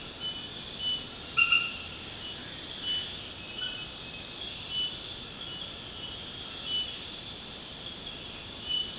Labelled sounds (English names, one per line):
none